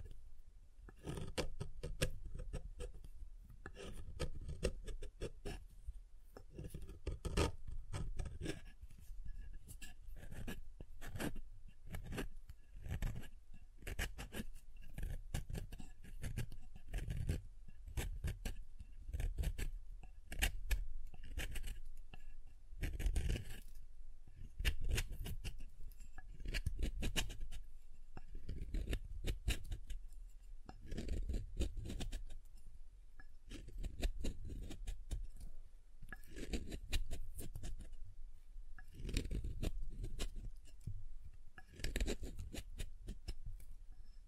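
Soap is tapped and carved in a steady run of short, crisp cuts and taps, several each second, for the full length. Each stroke has a dull low thump under a dry scraping edge, with brief pauses now and then before the cutting resumes.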